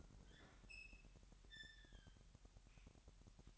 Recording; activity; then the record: daily activity, microphone in the room; open fridge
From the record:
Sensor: 3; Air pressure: 1001.9 hPa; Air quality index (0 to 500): 247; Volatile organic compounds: 51 ppm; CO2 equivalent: 3315 ppm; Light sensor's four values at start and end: 12/36/15/13 and 12/36/15/13